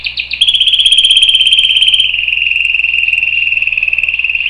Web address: sounds canary canary-sound